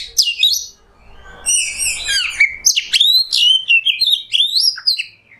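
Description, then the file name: Oriental magpie-robin song: rich varied whistles and slurred notes, sweeping between high and mid pitch in quick changing phrases. Oriental magpie-robin singing in the nembak style, used as a masteran tutor sound for training cage birds. "Masteran Kacer Nembak"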